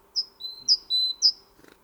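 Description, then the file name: Great tit singing two rapid high-low whistled note pairs, the lower note drawn out, then a third high note, followed by a faint soft rustle at the end. "Parus major"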